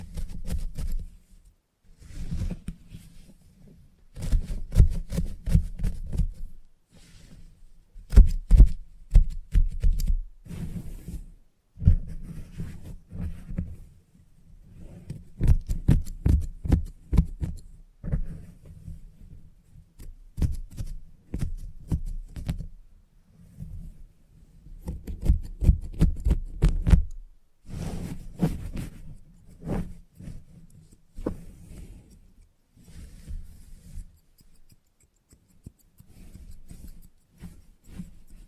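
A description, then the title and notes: Haircut sounds with scissors snipping in quick clustered bursts, sharp crisp clicks stacked in runs of a few seconds each. Between bursts a low soft rubbing and handling noise fills in, with brief pauses, and the snipping returns again and again throughout. Salon Haircut Head Massage, Scissors and Clipper.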